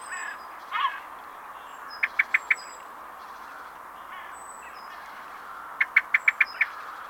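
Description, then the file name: Common blackbird calls: two bursts of sharp, clicking chinks, four quick notes then six, over a steady background hiss. "Turdus merula"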